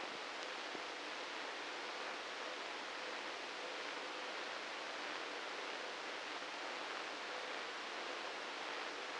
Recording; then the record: brain microelectrode recording played as sound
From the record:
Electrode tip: inside the subthalamic nucleus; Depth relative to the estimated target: -2 mm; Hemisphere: right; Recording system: NeuroSet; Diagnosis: Parkinson's disease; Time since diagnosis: 9 years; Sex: male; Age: 61 years